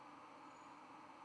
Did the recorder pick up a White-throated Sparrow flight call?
no